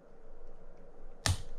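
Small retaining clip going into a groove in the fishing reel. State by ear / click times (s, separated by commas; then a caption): partly seated / 1.3 s. While reassembling a Penn Squall 60LD fishing reel, a small metal retaining clip is pushed down and pops into its groove with a sharp click at 1.3 s, followed by a faint tick at 1.6 s over a low steady hum. The clip is only partly in place: it is in the groove but not yet fully seated and still needs a screwdriver to push it fully home.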